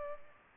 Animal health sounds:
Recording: mosquito wingbeat signal from an infrared sensor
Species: Culex pipiens

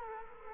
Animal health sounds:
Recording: mosquito wingbeat signal from an infrared sensor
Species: Culex quinquefasciatus

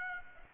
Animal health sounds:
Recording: mosquito wingbeat signal from an infrared sensor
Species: Aedes aegypti

